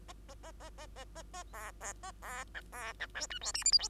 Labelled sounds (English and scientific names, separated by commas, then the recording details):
Bengalese Finch (Lonchura striata domestica) song
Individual Bird2